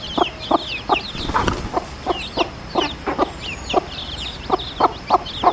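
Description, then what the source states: Red junglefowl hen giving quick, short clucks amid high, downslurred peeps from chicks, with a brief scuffling noise. Wild hen calling her chicks.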